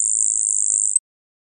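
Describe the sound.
Grasshopper sparrow giving a thin, high, insect-like buzz that holds steady for about one second, then stops abruptly.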